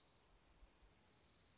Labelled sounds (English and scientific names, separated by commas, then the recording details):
Dark-eyed Junco (Junco hyemalis)
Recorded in Sonoma County, California